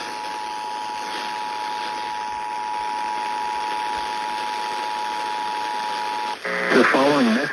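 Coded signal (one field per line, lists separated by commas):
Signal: Emergency Alert System (SAME) tones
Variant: 853 and 960 Hz attention tone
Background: speech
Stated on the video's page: Child abduction alert carried on FM radio stations.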